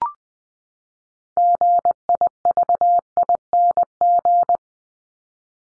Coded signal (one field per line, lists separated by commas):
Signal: Morse code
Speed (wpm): 20 wpm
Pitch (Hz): 700 Hz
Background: none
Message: GIVING